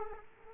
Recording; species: mosquito wingbeat signal from an infrared sensor; Aedes aegypti